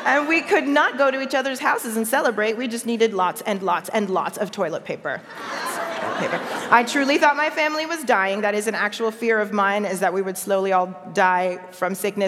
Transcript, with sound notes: We could not go to each other's houses and celebrate. We just needed lots and lots and lots of toilet paper. (laughter) I truly thought my family was dying—that is an actual fear of mine, is that we would slowly all die from sickness.